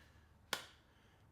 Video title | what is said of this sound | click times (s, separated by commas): My NEW FAVORITE THIN CASE?? - Mous Super Thin Case for iPhone 15 Pro Max | nice decent little click on there nothing too crazy and I think that also has to do with | 0.5 s